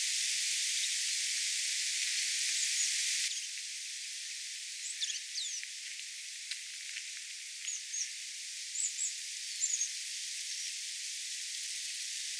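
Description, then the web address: Crested tit calls: thin, very high short notes and faint trills, given in scattered bursts over several seconds against a background hiss. Young birds calling, recorded 30 July 2026. "paivat 30 7 2026 nuorien toyhtotiaisten aantelya"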